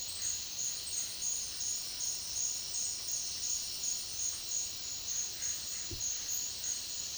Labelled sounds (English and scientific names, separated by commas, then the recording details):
none
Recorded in dense forest near Puerto Asís, Putumayo, Colombia, on 18 February 2024 at 10:30
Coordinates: 0.496, -76.326
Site G6383